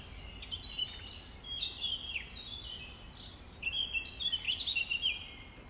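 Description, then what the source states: Nightingale delivering bright whistled phrases and sharp chirps, ending in a louder rapid run of notes. Recorded at dawn on 5 May 2020, around 05:33.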